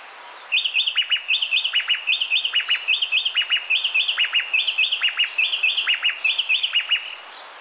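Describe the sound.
Grey-breasted wood-wren song: a fast, steady run of clear whistled phrases, one short motif repeated over and over for about six seconds, with faint high ticks above.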